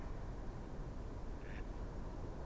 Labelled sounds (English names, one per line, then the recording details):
Mallard
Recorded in Germany
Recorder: ecoPi